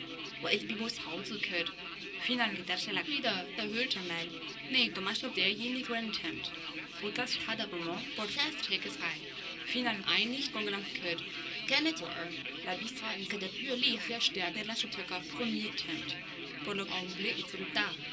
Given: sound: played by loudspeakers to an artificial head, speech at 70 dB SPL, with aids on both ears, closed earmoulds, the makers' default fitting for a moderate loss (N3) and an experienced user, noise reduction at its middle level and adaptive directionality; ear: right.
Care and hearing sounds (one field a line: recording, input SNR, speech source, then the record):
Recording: speech test signal (ISTS) in cocktail-party noise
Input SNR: +6 dB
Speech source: in front (0 degrees)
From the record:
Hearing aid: class 2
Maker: D